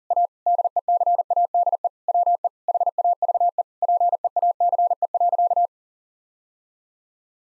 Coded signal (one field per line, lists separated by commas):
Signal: Morse code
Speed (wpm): 40 wpm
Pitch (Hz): 700 Hz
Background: none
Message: A DECADE WE HAVE PEACE.